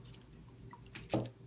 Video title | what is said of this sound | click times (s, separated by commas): Curlin 4000/6000 pump | is right here that goes in like so it'll snap in place we hope yes | 0.9 s